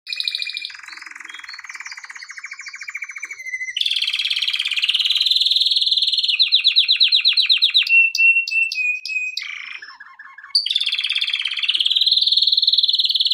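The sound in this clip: Canary in continuous song: rolling trills, loud rapid pulsed phrases, a steady whistle, a low chattering section, then another long buzzy trill.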